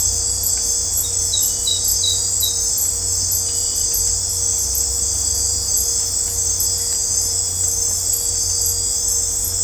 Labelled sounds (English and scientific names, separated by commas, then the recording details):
none
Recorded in dense forest near Puerto Asís, Putumayo, Colombia, on 22 December 2024 at 21:00
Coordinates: 0.503, -76.323
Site G043